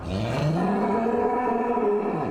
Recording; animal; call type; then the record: contact call of a hoofed animal; cattle; low-frequency (closed-mouth) or high-frequency (open-mouth) call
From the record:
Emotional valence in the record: negative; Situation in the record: full separation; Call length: 2.4 s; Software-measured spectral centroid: 1200 Hz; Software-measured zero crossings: 1160 a second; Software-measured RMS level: -24 dBFS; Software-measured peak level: -11 dBFS